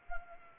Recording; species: mosquito wingbeat signal from an infrared sensor; Anopheles arabiensis